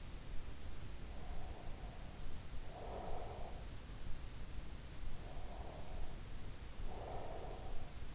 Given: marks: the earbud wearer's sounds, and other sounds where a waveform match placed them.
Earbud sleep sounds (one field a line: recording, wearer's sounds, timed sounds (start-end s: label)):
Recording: sounds in sleep by an in-ear microphone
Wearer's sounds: breath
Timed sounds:
0.95-3.77 s: breath
5.17-8.15 s: breath